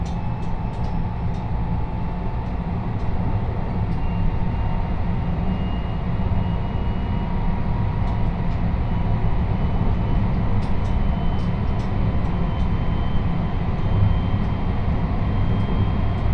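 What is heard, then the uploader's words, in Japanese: A steady rumble fills the inside of a train carriage as it runs along the line, heavy and low with a constant rushing roar. A faint whining tone hums above it throughout, and light clicks and ticks from the wheels and fittings recur every second or so. 山陽本線・赤穂線 姫路→播州赤穂。まだ5時台の電車ですが早起きして乗車します。播州赤穂行きの列車は223系の4両編成。さすがに空いています。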